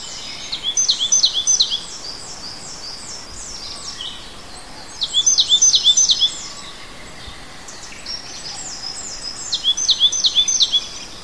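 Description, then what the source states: Bird song: bursts of high, rapid chirping notes, each burst lasting about a second and repeated every four seconds, over a constant hiss. A native bird in a hedge, recorded in March.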